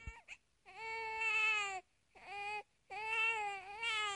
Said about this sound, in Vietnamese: Đột nhiên, Trên Dịch Hòa lại nghe thấy cái tiếng của trẻ con sơ sinh khóc nỉ non.